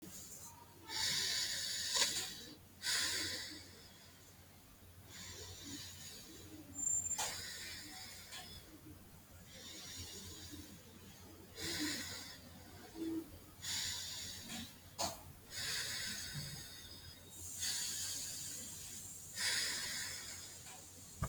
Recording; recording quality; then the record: deep breathing; excellent, no background noise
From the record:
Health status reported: healthy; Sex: female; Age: 20 years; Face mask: not worn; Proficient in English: yes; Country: India